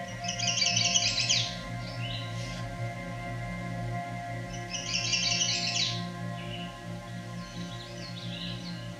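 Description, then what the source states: Chestnut-sided Warbler song: two bright, high buzzy-sweet phrases of rapid notes, each over a second long and a few seconds apart, with a fainter third phrase, over a steady low hum. Song rendered as 'pleased, pleased, pleased to meet you'; species of succession habitat where field becomes forest, breeding from the Canadian prairies east through the Great Lakes to the Atlantic.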